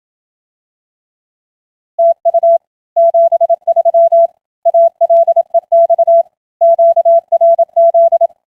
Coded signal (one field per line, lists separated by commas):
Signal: Morse code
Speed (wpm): 27 wpm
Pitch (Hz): 670 Hz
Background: none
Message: TU 73 ALEX QRZ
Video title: Weekly RTTY and Stuff. 08-14-2026